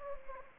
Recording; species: mosquito wingbeat signal from an infrared sensor; Anopheles gambiae